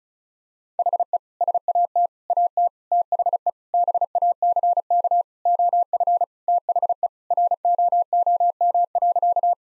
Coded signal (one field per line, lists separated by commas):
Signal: Morse code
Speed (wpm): 36 wpm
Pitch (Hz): 700 Hz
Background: none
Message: HE SAT AT THE BACK OF THE ROOM.